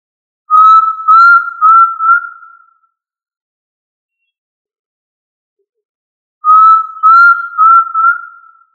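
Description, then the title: Tinamou whistled call: a run of three or four steady, pure whistles, the last one long and fading. The phrase repeats about six seconds later against total silence. "Familia Tinamidae - Quail - Puyuh"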